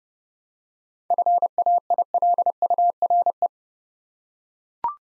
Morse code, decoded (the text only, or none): FAILURE